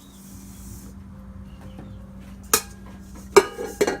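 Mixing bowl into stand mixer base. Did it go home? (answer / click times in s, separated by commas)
yes / 2.5 s, 3.4 s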